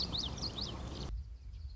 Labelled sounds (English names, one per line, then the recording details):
Common Yellowthroat
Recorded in Sonoma County, California